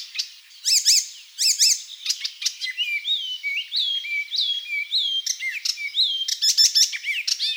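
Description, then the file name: Icterine warbler song, a fast varied medley of high chattering notes, harsh buzzy bursts and sliding whistles, tumbling on continuously without pause. "Hippolais icterina"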